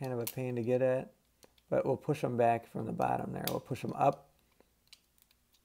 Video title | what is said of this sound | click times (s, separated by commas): G1 Brainstorm Headmaster Transformer 1987 Review | you go and that gives us something to grab onto those snap into place and now | 4.9 s